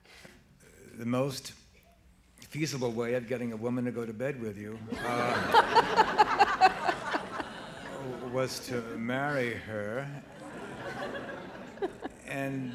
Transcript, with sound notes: the most feasible way of getting a woman to go to bed with you...
(SOUNDBITE OF LAUGHTER)
...was to marry her. And